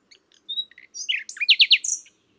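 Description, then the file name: Common nightingale singing a brief phrase of varied chirps and a whistle, followed by three loud repeated notes and a final high whistle. "Luscinia megarhynchos"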